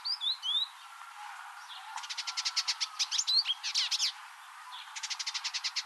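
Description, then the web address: Village indigobird: whistled slurs open, then a fast even rattle of clicking notes, a buzzy chatter, and another rapid clicking rattle to finish. "Indigobird Song Vidua chalybeata"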